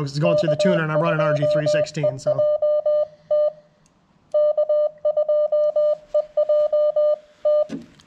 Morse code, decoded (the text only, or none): K2EJT K2EJT